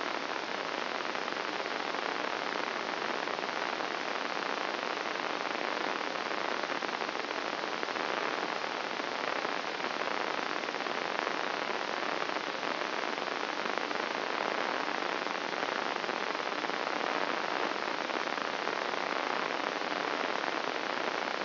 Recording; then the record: brain microelectrode recording played as sound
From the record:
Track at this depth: outside the subthalamic nucleus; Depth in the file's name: 2.972 mm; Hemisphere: left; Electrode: 3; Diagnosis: Parkinson's disease